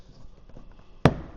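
A mud flap screw is turned backwards (counterclockwise) in the existing thread of a truck's body molding to avoid cross-threading before screwing it in. Faint low rustling and small ticks lead up to one sharp, loud click at 1.1 s as the thread start drops into place. The screw is seated at its start position.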